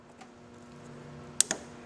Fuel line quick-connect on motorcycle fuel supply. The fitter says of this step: you hear that little click and you just pull it right off it comes right off now watch cuz gas is going to drip out of there